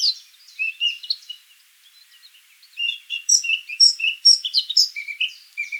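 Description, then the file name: Eurasian blackcap giving quiet, scattered chattering notes, then breaking into a louder, richer warbled phrase of clear whistles for the last few seconds. "Sylvia atricapilla"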